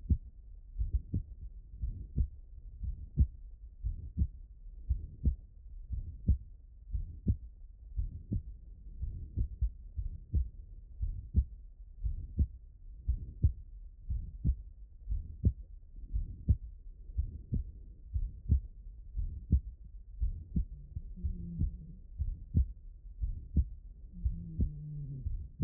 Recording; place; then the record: heart sounds by stethoscope; pulmonary valve (PV)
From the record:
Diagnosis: HFrEF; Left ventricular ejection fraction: 28%